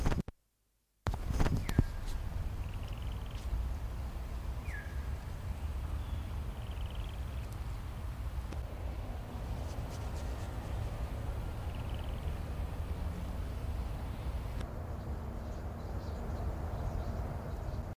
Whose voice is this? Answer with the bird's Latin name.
Grus japonensis